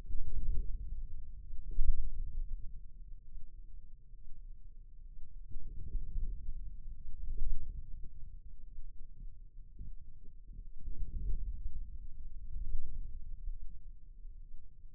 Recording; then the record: forearm muscle sounds (acoustic myography)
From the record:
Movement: inward rotation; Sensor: system 2, bracelet of six BSWA MPA416 microphones around the upper forearm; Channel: 6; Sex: male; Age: 22 years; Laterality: right